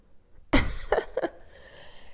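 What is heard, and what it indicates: One sharp, explosive cough from an adult woman breaks out, followed by two shorter, softer voiced bursts over about a second, in a quiet room. She has a severe cold lasting about three weeks, with constant coughing and nose-blowing, a blocked nose for a week and a half, complete loss of voice, migraines and a sore throat.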